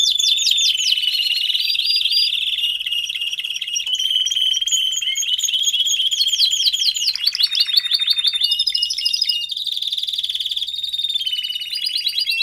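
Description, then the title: Domestic canary song, unbroken varied trills, downward-sweeping whistles and steady rolling tours over twelve seconds, loud and high. Male Belgian canary singing a lot, for training and warming up young canaries. "Canary Training Esquente Seu Filhote E Canario Belga Macho Cantando Muito"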